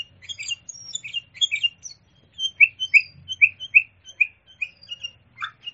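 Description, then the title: Sooty-headed bulbul singing a fast series of clear, slurred chirps, with a faint low hum underneath. "kutilang"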